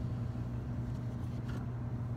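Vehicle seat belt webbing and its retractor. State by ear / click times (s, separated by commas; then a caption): not seated / none. A vehicle seat belt, already routed through an Evenflo LiteMax infant car seat installed without its base, has its webbing pulled slowly all the way out to the end of its retractor to engage the lock. A steady low hum fills the clip, with a faint, brief brighter rustle around 1.5 seconds. Nothing has clicked or locked yet; the belt is only being handled.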